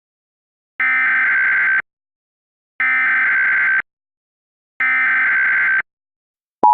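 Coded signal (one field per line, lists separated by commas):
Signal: Emergency Alert System (SAME) tones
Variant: header bursts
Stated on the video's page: Valid EAS tones for a 911 telephone outage emergency in Cook County, Illinois.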